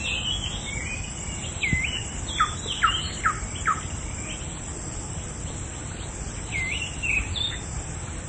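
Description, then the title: Oriental magpie-robin song: scattered sharp whistled notes and short downslurred phrases, irregular, over steady low background noise. Chirping song. "Kicau Kacer"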